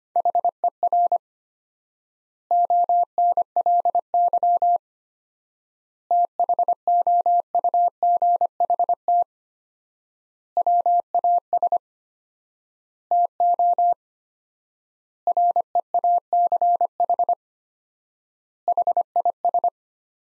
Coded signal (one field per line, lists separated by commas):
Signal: Morse code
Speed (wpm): 25 wpm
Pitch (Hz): 700 Hz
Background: none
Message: HER ONLY THOUGHT WAS TO REACH HIS